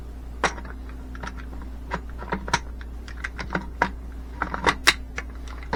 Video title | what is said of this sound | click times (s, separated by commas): BAUER 20V Cordless Shear Shrubber Review | and you have it's locked into place and it feels pretty solid | 3.8 s